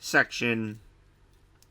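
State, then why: Seated. Someone talks as the plastic leg and knee section of a Transformers Studio Series Buzzworthy Bumblebee (Unmasked) B-127 action figure is swung around during transformation. A single short click at 1.6 seconds marks the section locking into the figure's back section.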